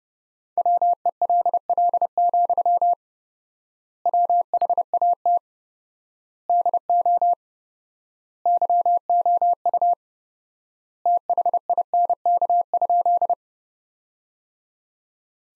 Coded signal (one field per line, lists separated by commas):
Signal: Morse code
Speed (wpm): 30 wpm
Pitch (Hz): 700 Hz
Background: none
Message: WELL, WHAT DO YOU THINK?